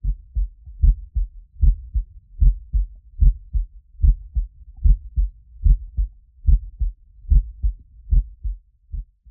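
A steady heartbeat: low, muffled paired lub-dub thumps repeating at about 74 beats per minute.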